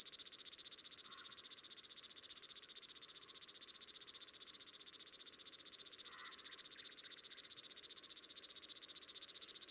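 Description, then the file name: River warbler song: an unbroken, mechanical, high-pitched reeling of quick pulses. "Flodsangare"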